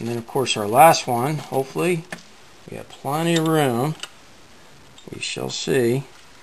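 Someone talks while handling the last plastic wire connector as it goes into a GE refrigerator's harness or heater connection during an iced-lines repair, working it into a tight space. Brief faint handling noises sit between the speech. Nothing has seated or clicked into place yet.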